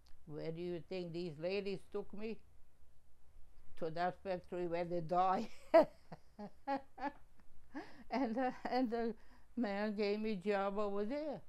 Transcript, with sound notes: Where do you think these ladies took me. To that factory where the dye (laughing) and uh, and the man gave me job over there.